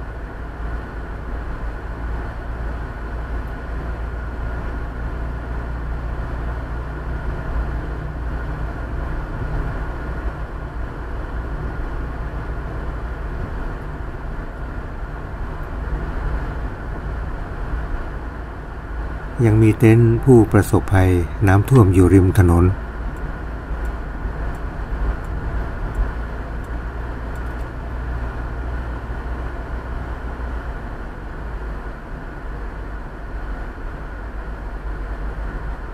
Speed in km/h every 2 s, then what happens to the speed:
44, 44, 46, 47, 47, 48, 47, 46, 44, 45, 44, 44, 46, 46, 46, 47, 45, 44.
0-30 steady at about 46.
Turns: none.